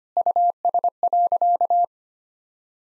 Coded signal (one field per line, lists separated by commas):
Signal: Morse code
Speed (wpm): 25 wpm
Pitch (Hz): 700 Hz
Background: none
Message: US.